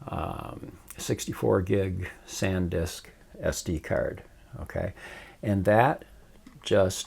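Someone talks while handling a 64 GB SanDisk SD card at the card slot of a Canon Vixia HF R700 camcorder, about to push it in until it latches. Only speech with faint handling noise is heard, with no distinct click. The card has not seated or clicked yet.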